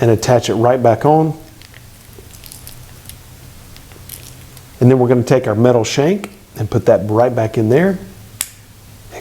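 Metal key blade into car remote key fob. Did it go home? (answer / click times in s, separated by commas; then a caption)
yes / 8.4 s. After a battery change on a Dodge remote key fob, the fob housing is put back together and the metal key blade is pushed back into the fob body while someone talks. A few faint ticks sound between about 2.5 and 4.3 seconds. The blade locks in with a sharp click at 8.4 seconds and is seated.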